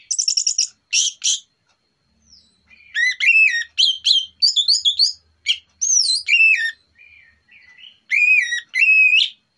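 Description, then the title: Orange-headed thrush song, a long run of varied whistles, slurred rising and falling notes and buzzy trills, with brief pauses between phrases. Morning lure recording, described as relaxed and clear. "Pancingan Anis Merah Plong Santai Pagi Hari"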